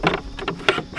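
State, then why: Seated. The hatch cover on a Pro Boat Jetstream RC jet boat hull is slid into place and latched after the battery is turned off. Light sliding and handling noises lead up to a sharp click at 0.7 s as the cover locks in place, and the cover is seated.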